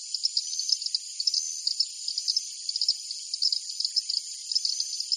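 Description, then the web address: Insects calling in a dense, continuous high-pitched chorus of shimmering trills and fast pulsing chirps overlapping throughout. Jungle at night. "Partners In Rhyme Jungle Night Insects"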